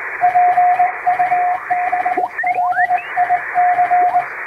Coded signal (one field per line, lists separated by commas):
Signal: Morse code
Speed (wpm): 20 wpm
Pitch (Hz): 720 Hz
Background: radio noise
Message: PUBLIC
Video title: 昭和が青春時代だった！昔よくラジオから聞こえたモールス符号！短波通信のモールス信号を再現しました！ノイズとフェージングを加えています。無線の受信トレーニングに！ morse code practice